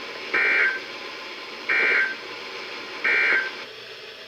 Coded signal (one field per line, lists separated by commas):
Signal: Emergency Alert System (SAME) tones